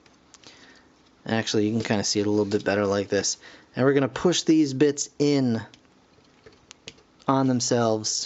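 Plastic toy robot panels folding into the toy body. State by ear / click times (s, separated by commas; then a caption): seated / 6.7 s, 6.9 s. Two folding plastic panels on a Toyworld TW T05 Shinebug (Throttlebot Goldbug) toy robot are pushed in on themselves during transformation while someone talks. Two sharp clicks at 6.7 and 6.9 seconds mark the panels seating into a soft lock, forming a butterflied shape.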